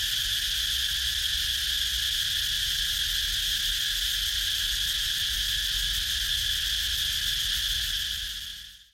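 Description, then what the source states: Insects in a dense steady chorus, a continuous high shrill hum with bright bands and a lower band, unbroken until it fades out at the end. Recorded in Ha Giang, Vietnam, at 21h (night).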